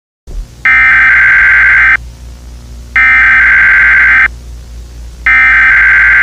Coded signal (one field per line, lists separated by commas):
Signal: Emergency Alert System (SAME) tones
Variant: header bursts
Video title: EAS Scenario #6 - Natures Slice